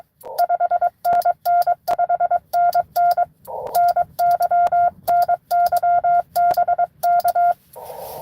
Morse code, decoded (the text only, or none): 5NN 5NN NY NY BK